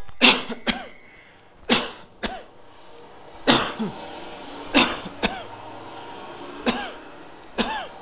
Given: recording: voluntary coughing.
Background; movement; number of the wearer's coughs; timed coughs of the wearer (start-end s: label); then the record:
traffic; sitting; 9
0.19-0.58 s: cough
0.65-0.99 s: cough
1.67-2.08 s: cough
2.21-2.51 s: cough
3.45-3.88 s: cough
4.72-5.09 s: cough
5.20-5.57 s: cough
6.64-7.04 s: cough
7.57-7.97 s: cough
From the record:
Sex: male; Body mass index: 20.6 kg/m2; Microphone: on the chest, facing outward